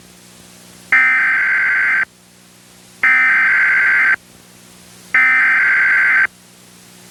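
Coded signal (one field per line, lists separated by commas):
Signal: Emergency Alert System (SAME) tones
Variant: header bursts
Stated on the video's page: Recreation of a real flash flood warning as it would have appeared on a cable system, using valid tones and VHS-style macros.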